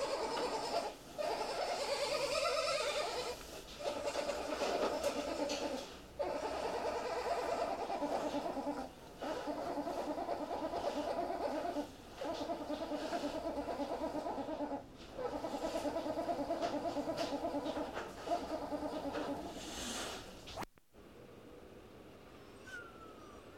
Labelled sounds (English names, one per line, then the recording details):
Golden Jackal howling
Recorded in captivity
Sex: male
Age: adult
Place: Zoo Halle, Sachsen-Anhalt, DE
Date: 1957-03-05
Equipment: BG 19/2, RFT-Super 5 E 63, Kondensatormikrofon mit MVT 4050
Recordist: Heydecke, Rolf